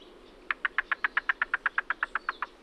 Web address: Yellow Billed Cuckoo YBCUVocalizations Cuckoo Knock Call